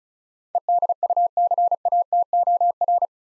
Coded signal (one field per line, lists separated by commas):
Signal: Morse code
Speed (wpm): 36 wpm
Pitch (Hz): 700 Hz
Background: none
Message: EDUCATOR